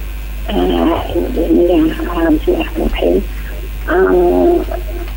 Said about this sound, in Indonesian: Ibu, suaranya kurang jelas ditangkap oleh kami. Mungkin radio di sana bisa dikecilkan.